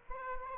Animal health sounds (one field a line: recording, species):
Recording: mosquito wingbeat signal from an infrared sensor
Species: Aedes albopictus